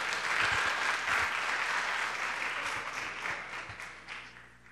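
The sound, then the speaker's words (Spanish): An audience claps steadily in a dense wash of many hands, holding strong for several seconds before gradually thinning and fading out, with no voices over it; applause welcoming a speaker at a forum in San Cristóbal, August 2011. “vamos a dar un aplauso y escuchar a la compañera Mercedes”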